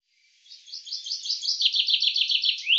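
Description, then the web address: Common chaffinch song, a rapid series of repeated descending notes growing louder, cut off at the end; otherwise quiet. "Deverinetal 2025 File cleaned normalized Bird Fr Co"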